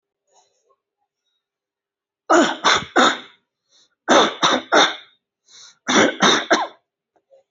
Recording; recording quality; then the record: shallow voluntary cough; excellent, no background noise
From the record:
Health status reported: healthy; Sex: male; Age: 53 years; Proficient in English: yes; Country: India